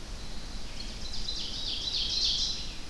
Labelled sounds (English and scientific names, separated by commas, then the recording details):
Ovenbird (Seiurus aurocapilla) song
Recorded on 25 June 2016 at 06:44
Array SBT-6-76